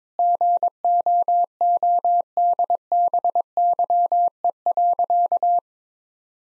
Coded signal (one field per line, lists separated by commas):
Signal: Morse code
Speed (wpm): 22 wpm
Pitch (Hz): 700 Hz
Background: none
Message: GOODBYE.